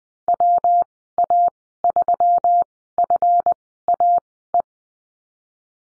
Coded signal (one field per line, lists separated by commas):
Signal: Morse code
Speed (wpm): 20 wpm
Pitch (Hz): 700 Hz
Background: none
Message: WA3FAE